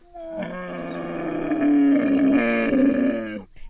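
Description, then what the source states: Camel bellow: one long, gurgling groan lasting about three seconds, swelling in strength midway before cutting off abruptly. Young bull calf named Boo, an orphan brought home and bottle fed, at Camelot Camel Dairy Farm in the Gympie district, Queensland.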